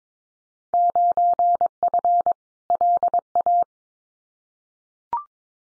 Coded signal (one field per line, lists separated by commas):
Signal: Morse code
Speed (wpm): 22 wpm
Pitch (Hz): 700 Hz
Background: none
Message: 9F LA